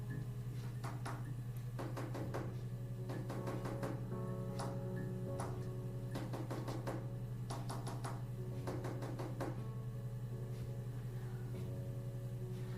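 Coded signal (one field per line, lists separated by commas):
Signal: tap code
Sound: sharp knocks in small irregular groups over a low steady hum and soft tones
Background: game music, hum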